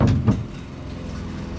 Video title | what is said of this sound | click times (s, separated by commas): How I Outfitted My 2024 25ft North River Fishing Boat | this bait board here. Drops into one of your bases, locks in. | 0.0 s